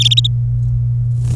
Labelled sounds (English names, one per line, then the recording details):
Domestic Canary song
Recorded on 26 April 2018 at 14:55
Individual llb3